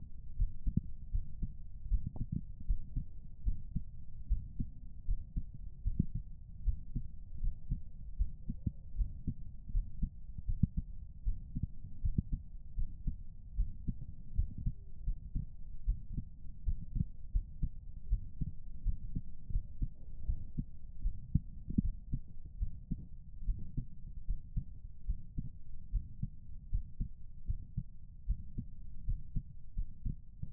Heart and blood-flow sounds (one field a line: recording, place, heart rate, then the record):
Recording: heart sounds by stethoscope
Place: pulmonary valve (PV)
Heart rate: 76 bpm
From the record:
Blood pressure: 135/85 mmHg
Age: 35 years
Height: 150 cm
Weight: 58 kg